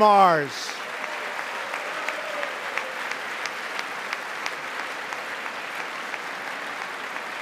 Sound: applause

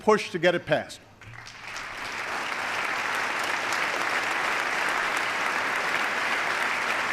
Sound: applause

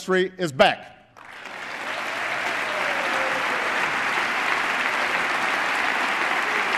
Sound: applause

